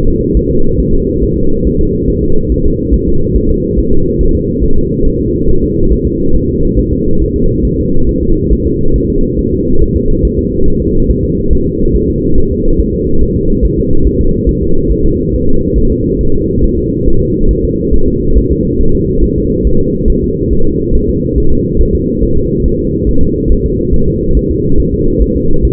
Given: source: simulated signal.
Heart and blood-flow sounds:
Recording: fetal heart sounds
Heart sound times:
0.08 s: S2
0.37 s: S1
0.51 s: S2
0.80 s: S1
0.94 s: S2
1.24 s: S1
1.38 s: S2
1.67 s: S1
1.81 s: S2
2.10 s: S1
2.24 s: S2
2.52 s: S1
2.66 s: S2
2.94 s: S1
3.08 s: S2
3.36 s: S1
3.50 s: S2
3.79 s: S1
3.93 s: S2
4.21 s: S1
4.35 s: S2
4.64 s: S1
4.78 s: S2
5.07 s: S1
5.21 s: S2
5.49 s: S1
5.64 s: S2
5.92 s: S1
6.07 s: S2
6.36 s: S1
6.50 s: S2
6.79 s: S1
6.93 s: S2
7.22 s: S1
7.36 s: S2
7.65 s: S1
7.79 s: S2
8.09 s: S1
8.23 s: S2
8.52 s: S1
8.67 s: S2
8.96 s: S1
9.10 s: S2
9.39 s: S1
9.53 s: S2
9.82 s: S1
9.97 s: S2
10.25 s: S1
10.39 s: S2
10.68 s: S1
10.82 s: S2
11.11 s: S1
11.25 s: S2
11.53 s: S1
11.67 s: S2
11.96 s: S1
12.10 s: S2
12.38 s: S1
12.52 s: S2
12.80 s: S1
12.94 s: S2
13.23 s: S1
13.37 s: S2
13.65 s: S1
13.79 s: S2
14.07 s: S1
14.21 s: S2
14.49 s: S1
14.63 s: S2
14.91 s: S1
15.06 s: S2
15.34 s: S1
15.49 s: S2
15.78 s: S1
15.92 s: S2
16.21 s: S1
16.35 s: S2
16.64 s: S1
16.78 s: S2
17.08 s: S1
17.22 s: S2
17.51 s: S1
17.65 s: S2
17.94 s: S1
18.08 s: S2
18.38 s: S1
18.52 s: S2
18.81 s: S1
18.95 s: S2
19.24 s: S1
19.38 s: S2
19.67 s: S1
19.81 s: S2
20.10 s: S1
20.24 s: S2
20.53 s: S1
20.67 s: S2
20.95 s: S1
21.09 s: S2
21.38 s: S1
21.52 s: S2
21.81 s: S1
21.95 s: S2
22.23 s: S1
22.38 s: S2
22.66 s: S1
22.80 s: S2
23.09 s: S1
23.23 s: S2
23.52 s: S1
23.66 s: S2
23.94 s: S1
24.08 s: S2
24.37 s: S1
24.51 s: S2
24.80 s: S1
24.94 s: S2
25.22 s: S1
25.36 s: S2
25.65 s: S1
From the record:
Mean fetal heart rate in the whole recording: 140 bpm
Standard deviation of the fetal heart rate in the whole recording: 2 bpm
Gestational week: 34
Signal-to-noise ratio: -19.1 dB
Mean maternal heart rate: 72 bpm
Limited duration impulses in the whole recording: present

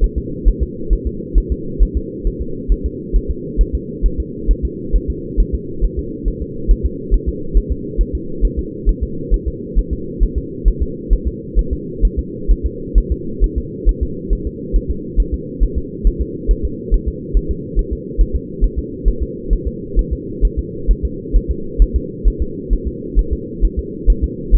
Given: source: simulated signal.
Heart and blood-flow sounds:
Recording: fetal heart sounds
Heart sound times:
0.04 s: S1
0.18 s: S2
0.48 s: S1
0.63 s: S2
0.93 s: S1
1.07 s: S2
1.38 s: S1
1.52 s: S2
1.83 s: S1
1.97 s: S2
2.27 s: S1
2.42 s: S2
2.72 s: S1
2.86 s: S2
3.16 s: S1
3.31 s: S2
3.61 s: S1
3.75 s: S2
4.06 s: S1
4.20 s: S2
4.51 s: S1
4.65 s: S2
4.96 s: S1
5.10 s: S2
5.40 s: S1
5.54 s: S2
5.84 s: S1
5.99 s: S2
6.28 s: S1
6.42 s: S2
6.71 s: S1
6.86 s: S2
7.14 s: S1
7.29 s: S2
7.57 s: S1
7.72 s: S2
8.01 s: S1
8.15 s: S2
8.45 s: S1
8.59 s: S2
8.89 s: S1
9.03 s: S2
9.34 s: S1
9.48 s: S2
9.79 s: S1
9.93 s: S2
10.23 s: S1
10.38 s: S2
10.68 s: S1
10.82 s: S2
11.13 s: S1
11.28 s: S2
11.59 s: S1
11.73 s: S2
12.05 s: S1
12.19 s: S2
12.51 s: S1
12.66 s: S2
12.98 s: S1
13.12 s: S2
13.44 s: S1
13.58 s: S2
13.89 s: S1
14.03 s: S2
14.33 s: S1
14.47 s: S2
14.76 s: S1
14.91 s: S2
15.20 s: S1
15.34 s: S2
15.63 s: S1
15.78 s: S2
16.07 s: S1
16.21 s: S2
16.51 s: S1
16.65 s: S2
16.94 s: S1
17.08 s: S2
17.37 s: S1
17.51 s: S2
17.79 s: S1
17.93 s: S2
18.21 s: S1
18.36 s: S2
18.64 s: S1
18.79 s: S2
19.08 s: S1
19.23 s: S2
19.53 s: S1
19.68 s: S2
19.99 s: S1
20.13 s: S2
20.45 s: S1
20.59 s: S2
20.91 s: S1
21.05 s: S2
21.36 s: S1
21.51 s: S2
21.82 s: S1
21.96 s: S2
22.27 s: S1
22.42 s: S2
22.73 s: S1
22.88 s: S2
23.19 s: S1
23.33 s: S2
23.64 s: S1
23.79 s: S2
24.10 s: S1
24.24 s: S2
24.55 s: S1
From the record:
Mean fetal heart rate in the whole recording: 135 bpm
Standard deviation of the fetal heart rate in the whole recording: 3 bpm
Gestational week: 36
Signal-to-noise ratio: -4.3 dB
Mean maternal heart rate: 72 bpm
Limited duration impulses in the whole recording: absent

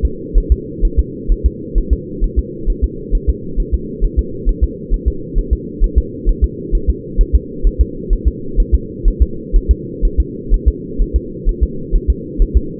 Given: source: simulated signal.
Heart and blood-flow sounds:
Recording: fetal heart sounds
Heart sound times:
0.05 s: S2
0.38 s: S1
0.52 s: S2
0.85 s: S1
0.99 s: S2
1.32 s: S1
1.46 s: S2
1.78 s: S1
1.93 s: S2
2.24 s: S1
2.39 s: S2
2.70 s: S1
2.84 s: S2
3.15 s: S1
3.29 s: S2
3.60 s: S1
3.74 s: S2
4.05 s: S1
4.19 s: S2
4.49 s: S1
4.64 s: S2
4.94 s: S1
5.08 s: S2
5.38 s: S1
5.53 s: S2
5.84 s: S1
5.98 s: S2
6.29 s: S1
6.44 s: S2
6.75 s: S1
6.90 s: S2
7.21 s: S1
7.35 s: S2
7.67 s: S1
7.81 s: S2
8.13 s: S1
8.27 s: S2
8.60 s: S1
8.74 s: S2
9.08 s: S1
9.22 s: S2
9.56 s: S1
9.71 s: S2
10.05 s: S1
10.20 s: S2
10.54 s: S1
10.68 s: S2
11.02 s: S1
11.16 s: S2
11.49 s: S1
11.63 s: S2
11.95 s: S1
12.10 s: S2
12.42 s: S1
12.57 s: S2
From the record:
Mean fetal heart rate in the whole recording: 130 bpm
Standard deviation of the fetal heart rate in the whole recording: 4 bpm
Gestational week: 38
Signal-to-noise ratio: -4.3 dB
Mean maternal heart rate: 72 bpm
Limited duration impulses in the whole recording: present

